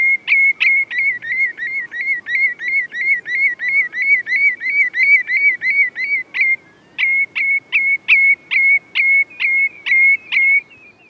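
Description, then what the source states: Common redshank alarm calls, piercing high notes repeated rapidly about three times a second, a steady run then a short pause and a slightly slower series. Breeding on heather moorland uplands in reduced numbers; constantly vigilant, with piercing calls, known as Wardens of the Marsh.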